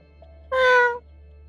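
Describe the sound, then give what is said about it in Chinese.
A single meow from Wu Yizhou, a white cat that had been sleeping on the sofa and walked over to an android, about half a second long, with a bright, steady, slightly nasal tone that rises in loudness and cuts off cleanly over a faint low hum. “一直安静卧在沙发上睡觉的吴一周悠悠走到仿生人身边，喵了一声，又嗅了嗅鼻子。”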